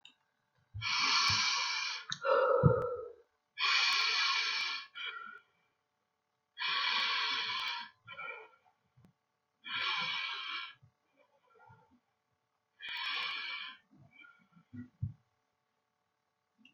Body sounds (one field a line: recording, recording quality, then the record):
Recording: shallow breathing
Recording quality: excellent, no background noise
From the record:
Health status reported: recovered from COVID-19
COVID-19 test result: positive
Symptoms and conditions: cold, fever, fatigue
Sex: male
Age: 30 years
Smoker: not ticked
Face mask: not worn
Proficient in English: no